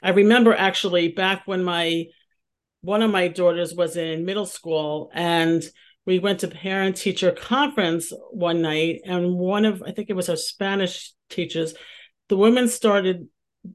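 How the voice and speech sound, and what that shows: One adult speaks in a relaxed, conversational tone in a small, quiet room, with a mid-range pitch and natural phrasing. Speech is fluent, with only ordinary pauses and brief drawn-out filler sounds. No blocks, repetitions or voice problems are heard; this is typical speech.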